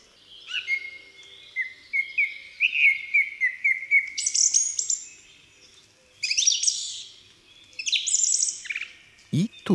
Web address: Ptaki Spiewak